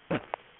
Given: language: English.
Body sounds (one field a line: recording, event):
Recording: throat vibration sensor signal played as sound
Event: cough